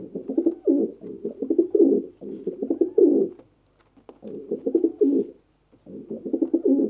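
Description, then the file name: Pigeons giving repeated soft, burbling coos, several pulsing phrases running together with a brief pause near the middle. Pigeons cooing in a bird cage. "Digiffects Sound Effects Library - Pigeons Coo in Bird Cage"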